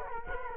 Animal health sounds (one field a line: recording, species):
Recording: mosquito wingbeat signal from an infrared sensor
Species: Culex quinquefasciatus